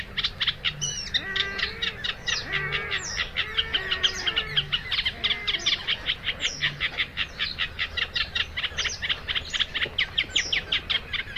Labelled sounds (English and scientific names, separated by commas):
Eurasian Reed Warbler (Acrocephalus scirpaceus) song